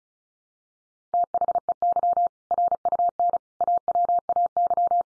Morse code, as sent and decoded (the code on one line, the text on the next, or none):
- .... . -.-- / .-. ..- -. / .- .-- .- -.--
THEY RUN AWAY